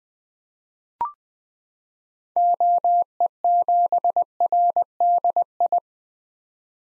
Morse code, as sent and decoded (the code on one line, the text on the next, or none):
--- . --... .-. -.. ..
OE7RDI